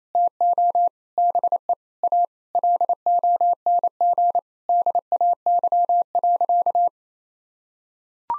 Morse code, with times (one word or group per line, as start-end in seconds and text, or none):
0.1-0.9 TO
1.2-1.7 BE
2.0-2.2 A
2.5-4.4 LONG
4.7-6.9 DAY.